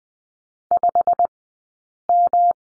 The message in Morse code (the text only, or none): 5M